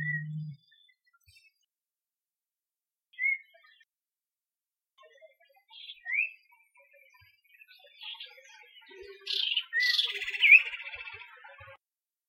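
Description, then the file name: Iora song: sparse high whistled notes early on, building to a louder cluster of sharp, slurred whistles and chips near the end; a brief low hum opens. Song type C. "Iora C-Song Sun Chong Hong"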